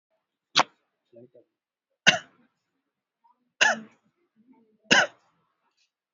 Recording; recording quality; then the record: shallow voluntary cough; excellent, no background noise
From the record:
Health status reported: healthy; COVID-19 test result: not tested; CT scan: not taken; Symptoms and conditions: none ticked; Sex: male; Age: 39 years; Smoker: no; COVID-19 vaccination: one dose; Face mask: worn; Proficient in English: yes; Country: India